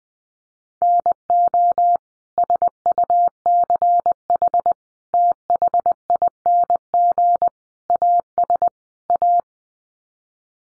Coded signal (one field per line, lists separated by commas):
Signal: Morse code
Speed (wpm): 20 wpm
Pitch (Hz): 700 Hz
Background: none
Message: NO SUCH THING AS A